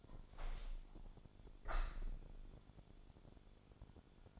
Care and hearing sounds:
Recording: daily activity, microphone in the room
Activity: open window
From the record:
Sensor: 5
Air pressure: 1000.5 hPa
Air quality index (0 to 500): 157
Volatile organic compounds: 2 ppm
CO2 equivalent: 1205 ppm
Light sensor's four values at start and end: 39/92/38/41 and 39/92/38/41

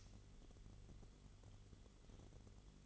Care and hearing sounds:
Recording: daily activity, microphone in the room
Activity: light on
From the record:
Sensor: 4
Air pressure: 1008.6 hPa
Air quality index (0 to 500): 91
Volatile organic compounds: 1 ppm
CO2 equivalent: 686 ppm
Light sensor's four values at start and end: 13/29/12/11 and 13/32/13/12

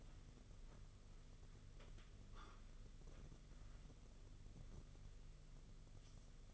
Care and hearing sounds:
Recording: daily activity, microphone in the room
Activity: wipe stove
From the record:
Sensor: 4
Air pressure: 995.4 hPa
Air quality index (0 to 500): 214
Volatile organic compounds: 246 ppm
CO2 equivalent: 4348 ppm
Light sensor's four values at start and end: 24/74/28/31 and 24/74/28/31

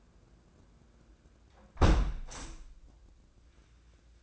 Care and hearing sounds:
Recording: daily activity, microphone in the room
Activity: close window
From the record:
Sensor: 2

